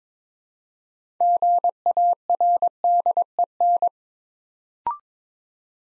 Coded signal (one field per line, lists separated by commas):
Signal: Morse code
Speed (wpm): 23 wpm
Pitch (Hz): 700 Hz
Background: none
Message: GARDEN